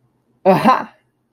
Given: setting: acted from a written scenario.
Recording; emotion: vocal sound without words; pride